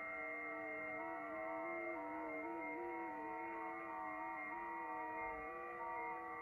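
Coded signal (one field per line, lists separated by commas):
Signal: FT8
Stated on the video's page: Low-power FT8 from a Xiegu G90 through an isolated USB soundcard interface.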